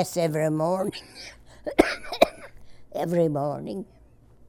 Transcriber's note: coughs